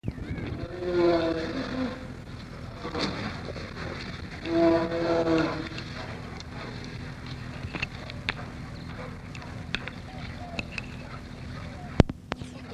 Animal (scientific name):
Ursus maritimus